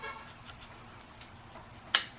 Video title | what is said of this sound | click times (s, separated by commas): VW Ignition and Door Lock Keys plus Un Coking the heat riser without drilling holes | Hear that click in place? Now you know the shaft is clicked into the steering, | 2.0 s